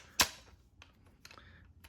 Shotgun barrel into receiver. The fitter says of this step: make sure it mates up to it. Once you hear that click,